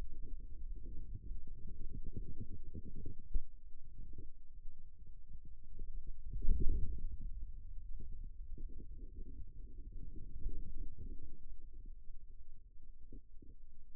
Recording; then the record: forearm muscle sounds (acoustic myography)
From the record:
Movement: radial deviation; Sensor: system 2, bracelet of six BSWA MPA416 microphones around the upper forearm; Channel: 6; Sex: male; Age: 22 years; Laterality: right